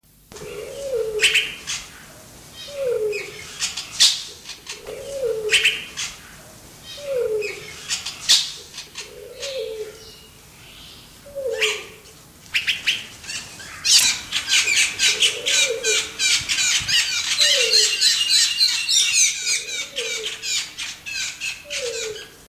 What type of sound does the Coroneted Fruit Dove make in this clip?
call